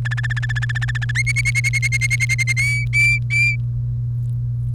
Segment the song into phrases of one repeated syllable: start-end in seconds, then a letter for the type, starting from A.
0.05-1.11 A, 1.15-2.53 B, 2.57-3.56 C